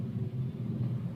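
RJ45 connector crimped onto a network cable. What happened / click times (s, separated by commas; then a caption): Handled, no seating click yet / none. A plastic RJ45 connector fitted on a network cable is handled in a crimping tool, ahead of being squeezed until it snaps. A steady low rumble fills the clip, with no sharp transients. Nothing has seated or clicked yet.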